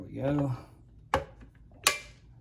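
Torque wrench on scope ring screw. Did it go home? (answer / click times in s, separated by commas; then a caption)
yes / 1.9 s. Someone talks briefly as a torque wrench tightens the next scope ring screw while mounting a scope to a rifle. A sharp tap sounds at 1.1 s, then the wrench gives its click at 1.9 s as it reaches its setting, leaving the screw torqued.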